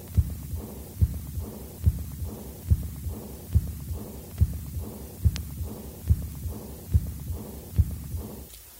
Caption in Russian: У больного аортальной недостаточностью после перенесенного септического эндокардита. Запись в точке Боткина-Эрба.